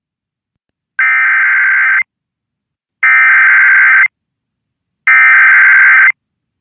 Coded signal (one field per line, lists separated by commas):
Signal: Emergency Alert System (SAME) tones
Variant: header bursts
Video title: The Tornado Festival | EAS Alerts From 4/8/21 - EAS #199 - #207